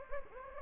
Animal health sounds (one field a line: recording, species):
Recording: mosquito wingbeat signal from an infrared sensor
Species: Anopheles gambiae